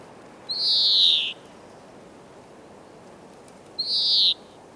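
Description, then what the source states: European greenfinch giving two long, drawn-out buzzy wheezes that slide downward, about three seconds apart. Male singing to express readiness to breed; beautiful twittering song with wheezing notes, heard again this year.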